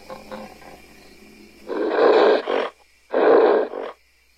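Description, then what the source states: Ape growls in two harsh, rasping bursts about a second long each, separated by a short pause, following a quieter rumbling start. Angry apes, long bouts of screaming and growling.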